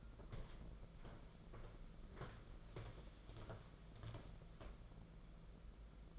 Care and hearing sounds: daily activity, microphone in the room; walk to room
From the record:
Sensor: 5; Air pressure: 992.2 hPa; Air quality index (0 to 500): 214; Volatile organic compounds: 1000 ppm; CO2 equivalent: 6205 ppm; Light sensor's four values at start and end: 7/17/6/7 and 6/16/6/7

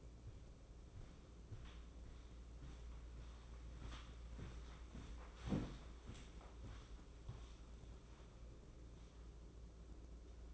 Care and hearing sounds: daily activity, microphone in the room; walk to room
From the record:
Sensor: 1

